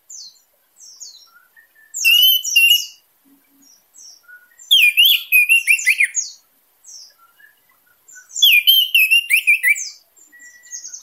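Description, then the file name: Orange-headed thrush song in three loud bursts of mixed whistles and harsh chattering notes, separated by quieter scattered chirps. Singing intensely, in full vigour. "suara anis merah teler gacor dor"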